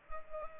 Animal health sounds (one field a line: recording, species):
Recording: mosquito wingbeat signal from an infrared sensor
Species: Culex pipiens